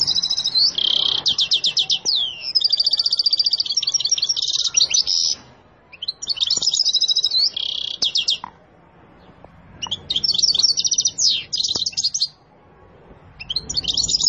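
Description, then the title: Canary singing long rolling trills and rapid chirped phrases in several bursts separated by short pauses, high-pitched and energetic, with faint low background noise. Canary singing a long rolling song, energetic and persistent; said to make any canary answer immediately. "LANGSUNG NYAUT GACOR DOR Kenari Manasaja, Dengan Kicau Kenari GACOR NGOTOT ROLL PANJANG"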